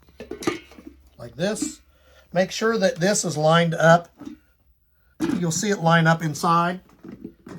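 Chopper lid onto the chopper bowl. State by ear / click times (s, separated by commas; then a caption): seated / 7.1 s, 7.2 s. Someone talks while the plastic lid of an 800W electric food chopper is lined up and pressed onto the chopper bowl. Two short clicks at 7.1 s and 7.3 s mark the lid locking into place, showing it is properly lined up and seated.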